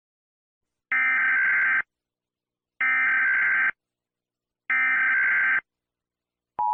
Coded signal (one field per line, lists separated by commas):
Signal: Emergency Alert System (SAME) tones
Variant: header bursts